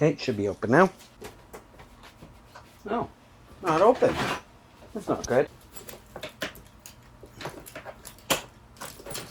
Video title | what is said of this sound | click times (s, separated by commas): How to Winterize Your Motorcycle—Step by Step | Heard it pop that time. | 8.3 s